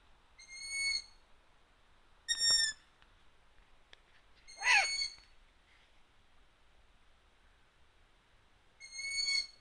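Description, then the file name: Long-eared owl giving thin, squeaky tonal calls and one rasping, falling squeal, a few seconds apart, in an otherwise quiet setting. Owl calls at Marbach, Riesandshöhle. "Waldohreule Marbach Riesandshohle"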